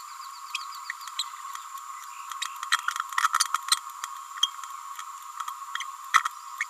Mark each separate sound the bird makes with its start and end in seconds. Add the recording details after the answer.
1.19-1.23, 4.42-4.51, 5.80-5.84, 6.60-6.65. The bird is a female. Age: 29 days. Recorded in a nest box in Venezuela. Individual 17B31A3